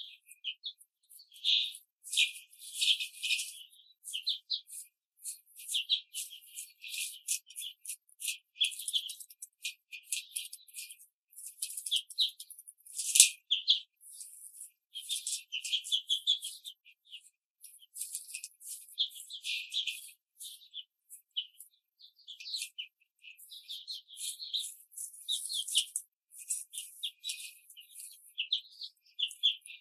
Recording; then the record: young laying hens in a cage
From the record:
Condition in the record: control cage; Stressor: none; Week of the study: 5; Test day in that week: 1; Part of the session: 2